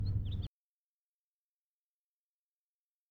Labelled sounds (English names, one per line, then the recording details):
House Finch song
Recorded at Oceanside on Long Island, New York, on 17 June 1975
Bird A